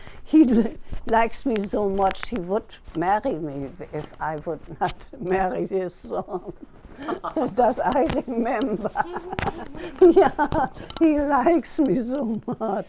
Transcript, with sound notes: He likes me so much, he would marry me if I would not marry his son. [Laughs] That I remember. Yeah, he likes me so much.